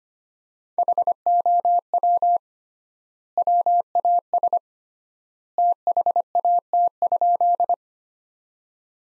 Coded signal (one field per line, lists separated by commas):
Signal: Morse code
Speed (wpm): 25 wpm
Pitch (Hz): 700 Hz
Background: none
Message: HOW WAS THAT?